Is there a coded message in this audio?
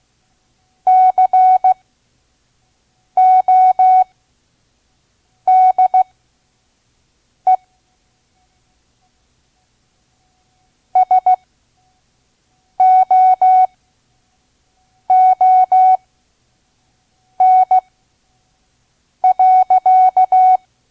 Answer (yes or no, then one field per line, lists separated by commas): yes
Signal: Morse code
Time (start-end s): 0.9-20.6 s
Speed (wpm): 16 wpm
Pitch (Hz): 740 Hz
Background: none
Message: CODE SOON.